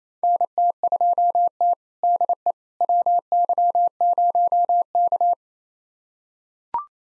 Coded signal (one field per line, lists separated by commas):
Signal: Morse code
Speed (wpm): 28 wpm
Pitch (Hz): 700 Hz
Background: none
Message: NT2T DE WY0K